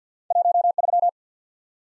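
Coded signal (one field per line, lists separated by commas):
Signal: Morse code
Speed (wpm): 50 wpm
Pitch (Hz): 700 Hz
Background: none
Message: 1 3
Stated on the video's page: Morse practice of random two-character letter and number groups at 50 wpm, head-copy drill.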